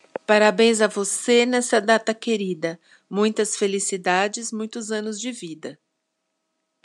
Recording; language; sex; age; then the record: short text; Brazilian Portuguese; female; 50 to 59 years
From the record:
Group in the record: control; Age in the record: 56 years